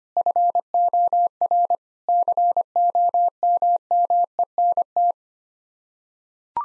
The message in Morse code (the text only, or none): FOR COMMENT